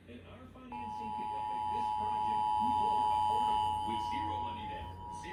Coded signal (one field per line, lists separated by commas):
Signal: Emergency Alert System (SAME) tones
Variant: 853 and 960 Hz attention tone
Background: speech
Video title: 2023 National Periodic Test | 10/4/2023 (EAS #993-4)